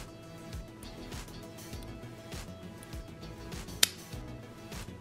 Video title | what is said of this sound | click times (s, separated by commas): DOUBLE SITE CHANGE!!!! | hear it start clicking and then one bit click will be when the cannula inserts BAM | 3.8 s